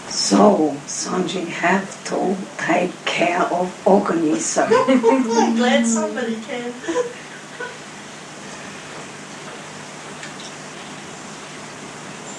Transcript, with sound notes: So Songee have to take care of Organism. (laughter and is smiling) Glad somebody can. Songee: